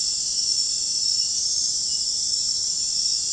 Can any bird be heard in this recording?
no